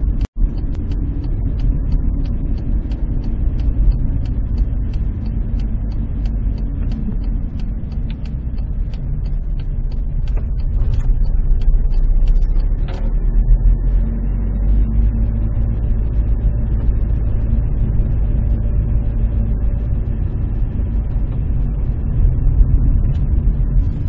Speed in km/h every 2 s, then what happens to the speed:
28, 26, 24, 18, 13, 10, 17, 21, 22, 24, 23, 24.
0-9 slows to 10. 9-15 speeds up to 22. 15-24 steady at about 23.